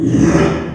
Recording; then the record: squeal of a Yucatan mini pig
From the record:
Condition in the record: after surgery on the right vocal fold (resection and tissue-engineered implant); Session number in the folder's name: 3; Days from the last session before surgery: 33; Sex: male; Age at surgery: 12 weeks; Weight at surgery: 13 kg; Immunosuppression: cyclosporine, prednisolone